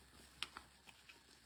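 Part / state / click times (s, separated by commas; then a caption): fabric-covered plastic insert into plastic frame / partly seated / 0.4 s. A fabric-covered plastic insert is pressed into a plastic frame and gives a sharp snap at 0.4 s, followed by fainter ticks around 0.6, 0.9 and 1.1 s over a quiet background. The insert snaps in but pops back out because it is not exactly lined up, so it does not seat properly.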